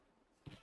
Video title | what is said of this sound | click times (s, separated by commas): Embroidery Business ROI - Embroidery Business Profitability | Simply push back. And you hear it snap and lock into place. | 0.5 s